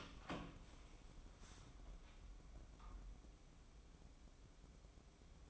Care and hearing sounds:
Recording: daily activity, microphone in the room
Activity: open door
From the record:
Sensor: 1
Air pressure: 1012.4 hPa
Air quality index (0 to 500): 166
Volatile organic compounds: 3 ppm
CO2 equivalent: 1366 ppm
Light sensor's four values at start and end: 585/1379/607/732 and 582/1371/604/728

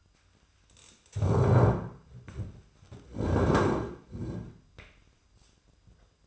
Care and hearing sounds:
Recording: daily activity, microphone in the room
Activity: stand up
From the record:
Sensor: 2

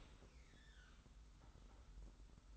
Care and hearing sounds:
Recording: daily activity, microphone in the room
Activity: open dishwasher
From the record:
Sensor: 3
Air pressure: 991.3 hPa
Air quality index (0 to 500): 135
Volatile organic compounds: 225 ppm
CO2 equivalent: 4291 ppm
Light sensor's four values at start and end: 51/139/57/50 and 51/139/57/50

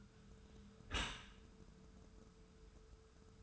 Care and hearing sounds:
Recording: daily activity, microphone in the room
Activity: close dishwasher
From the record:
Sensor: 2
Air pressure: 1014.9 hPa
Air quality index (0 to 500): 24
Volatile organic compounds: 0 ppm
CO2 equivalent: 498 ppm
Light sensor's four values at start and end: 10/23/9/10 and 10/23/9/10

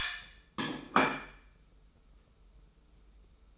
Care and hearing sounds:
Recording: daily activity, microphone in the room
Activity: place plate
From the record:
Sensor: 1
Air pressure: 994.5 hPa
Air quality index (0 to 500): 217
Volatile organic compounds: 1000 ppm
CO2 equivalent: 7761 ppm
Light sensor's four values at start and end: 59/129/58/61 and 59/129/58/61

